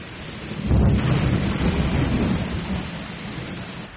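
A nighttime thunderstorm over mountain forest: heavy rain pours steadily while a deep rumble of thunder swells in after a moment and rolls on low and loud, slowly fading beneath the hiss of the downpour.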